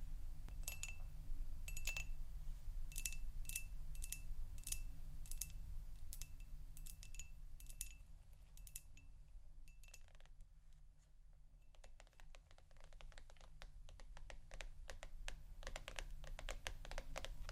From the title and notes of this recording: ASMR Intoxicating Tapping New Triggers（No Talking）.